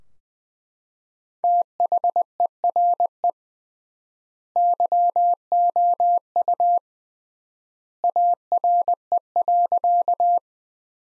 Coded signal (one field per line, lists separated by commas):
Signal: Morse code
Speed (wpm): 20 wpm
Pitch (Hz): 700 Hz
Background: none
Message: THERE YOU ARE.